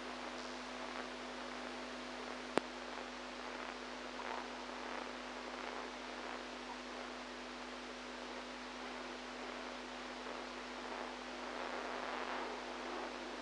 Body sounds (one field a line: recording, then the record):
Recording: brain microelectrode recording played as sound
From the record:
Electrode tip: outside the subthalamic nucleus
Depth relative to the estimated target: 2 mm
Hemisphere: right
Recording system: NeuroSet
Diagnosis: Parkinson's disease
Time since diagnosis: 8 years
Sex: female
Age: 45 years